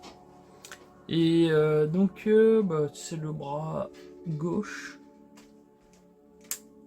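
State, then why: Seated. The left arm of a plastic construction-brick transforming vehicle is pressed onto the model's joint while someone talks. A sharp click at 6.5 s shows the arm has seated on its joint.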